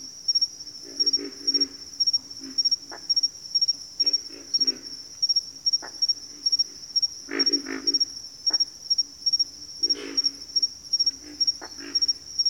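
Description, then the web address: Pig frog grunting in rough, uneven bursts while crickets keep up a steady high chirping trill. "Natures Songs Sleep Sounds of Nature CRICKETS Pig Frogs"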